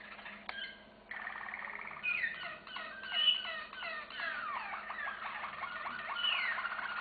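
Canary song opening with a sharp click, then a run of quick, repeated downward-sweeping notes that roll on evenly to the end.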